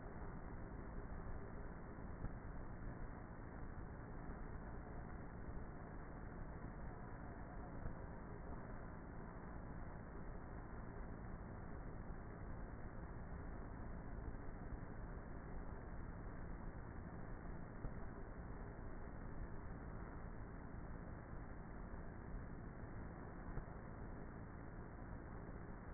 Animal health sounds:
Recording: honeybee colony, microphone inside the hive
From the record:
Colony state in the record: queenless with a low population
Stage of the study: before two queens were removed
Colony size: about 30,000 bees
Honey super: no

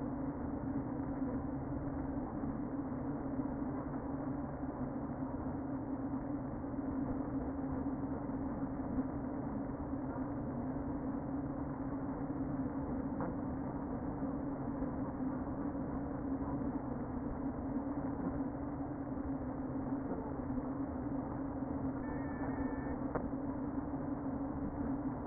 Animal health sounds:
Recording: honeybee colony, microphone inside the hive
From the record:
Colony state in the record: queen present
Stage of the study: before two queens were removed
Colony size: about 60,000 bees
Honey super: yes

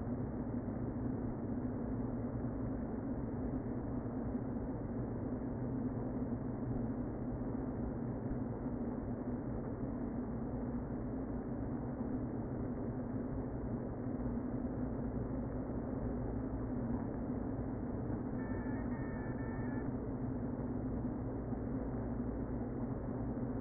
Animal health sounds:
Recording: honeybee colony, microphone inside the hive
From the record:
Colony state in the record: queen present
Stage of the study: before two queens were removed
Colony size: about 60,000 bees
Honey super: yes

